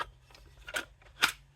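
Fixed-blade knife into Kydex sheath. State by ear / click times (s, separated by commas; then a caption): seated / 1.2 s. A TOPS Steel Eagle fixed-blade knife is pushed into a molded Kydex modular piggyback sheath, with soft sliding and scraping sounds and a louder snap near 0.8 s. It then gives a sharp, bright click at 1.2 s as it snaps into the retention point, seating firmly with excellent retention.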